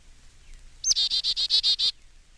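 Carolina Chickadee call: a short high note, then a fast run of about seven buzzy, rapid dee notes lasting around a second.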